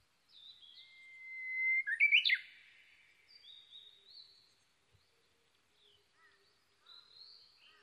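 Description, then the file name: Japanese bush warbler song: a level whistle rising into a loud, rapid, slurred flourish, then softer high chirps and short whistles. Recorded 22 May 2011 at 05:58. "uguisu-20110522-0558"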